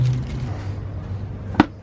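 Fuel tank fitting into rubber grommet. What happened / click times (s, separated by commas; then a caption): The fitting popped into the grommet / 1.6 s. A Volkswagen Vanagon fuel tank fitting, lubricated with Vaseline, is pushed straight through a rubber grommet on the tank over a low background hum. It pops into place with a sharp, brief snap at 1.6 s, fully seated.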